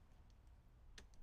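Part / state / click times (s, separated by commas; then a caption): lock tailpiece into smart lock interior assembly / seated / 1.0 s. A smart lock tailpiece, keyed with an arrow so it fits only one way, is pushed into its slot on the lock's interior assembly. A sharp click at 0.9 s, over a low background hum with faint small ticks, marks the tailpiece seating into place.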